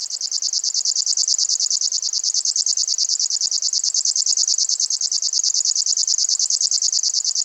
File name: Zvuki ptic Rechnoj sverchok